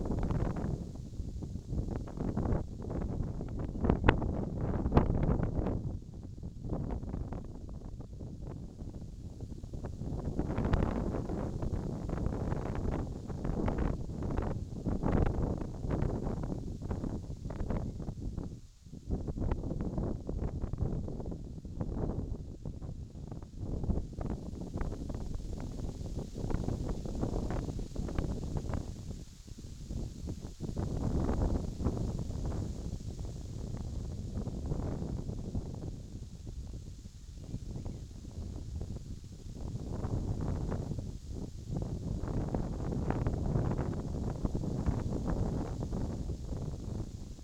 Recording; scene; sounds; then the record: everyday scene through a hearing-aid microphone; wind on the microphone; squally wind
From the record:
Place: in front of a rural house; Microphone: in the ear canal, left